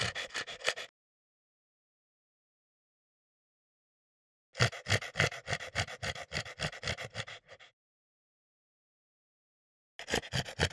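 French Bulldog gasping in two bursts of quick, raspy breaths separated by silence, with a third burst starting at the end.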